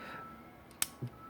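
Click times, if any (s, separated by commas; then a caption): 0.8 s. A plastic part on a model kit is pressed back into its mating section, giving one sharp, bright snap at 0.8 s, followed by a softer low thump just after 1.0 s against a quiet background. The part pops in but only partly holds, because it keeps popping open and won't stay seated.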